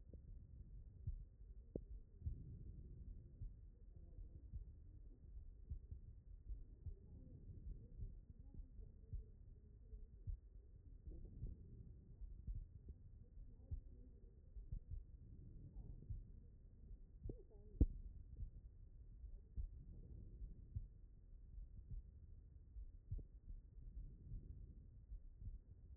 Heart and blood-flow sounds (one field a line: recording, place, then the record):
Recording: heart sounds by stethoscope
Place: aortic valve (AV)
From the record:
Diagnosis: non-HFrEF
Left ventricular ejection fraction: 67%